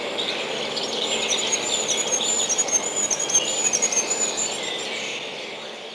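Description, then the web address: Goldcrest delivering one long run of tiny, very high, evenly repeated notes, with softer chirping of other birds underneath. Spring. "vremena vesna koroljok zeltogolovi"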